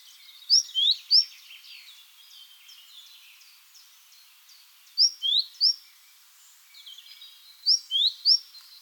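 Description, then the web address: Great tit calls in three short bursts of three sharp high notes each, separated by stretches of softer twittering. "SETE data Parus major"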